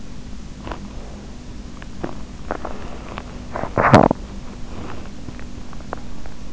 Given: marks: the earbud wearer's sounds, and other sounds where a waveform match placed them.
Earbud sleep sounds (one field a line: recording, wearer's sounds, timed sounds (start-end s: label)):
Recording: sounds in sleep by an in-ear microphone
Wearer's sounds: teeth grinding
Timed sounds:
0.24-6.53 s: teeth grinding